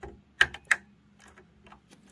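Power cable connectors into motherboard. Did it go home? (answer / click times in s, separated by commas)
yes / 0.4 s, 0.7 s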